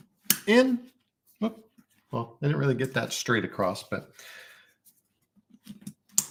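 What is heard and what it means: A heavy-duty plastic clamp on an accessory holder is pressed home onto a piece of fitness gear, giving a sharp snap at 0.3 s as it seats, though not quite straight. Someone talks throughout, and another sharp click comes near the end at about 6.2 s.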